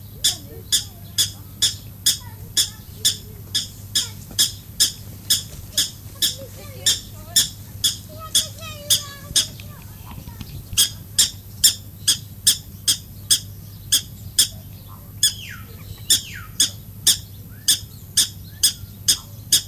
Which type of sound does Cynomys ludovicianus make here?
call